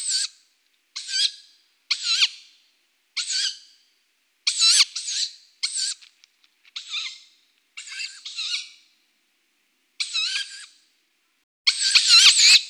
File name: Strix-aluco hlas-mláďat